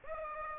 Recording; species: mosquito wingbeat signal from an infrared sensor; Aedes aegypti